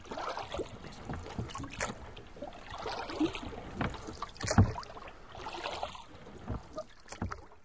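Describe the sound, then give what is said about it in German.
A rowing boat moves through water toward a rope ladder hanging from a ship, as oars dip and splash in an uneven rhythm, with a louder splash about halfway through amid steady watery swishing and no voices. “»Elende Schweinequäler«, knurrte der dicke Sven und ruderte zu der Strickleiter.”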